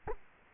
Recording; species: mosquito wingbeat signal from an infrared sensor; Culex quinquefasciatus